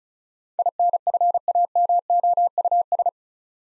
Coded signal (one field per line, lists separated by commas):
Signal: Morse code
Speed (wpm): 36 wpm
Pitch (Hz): 700 Hz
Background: none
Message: INFAMOUS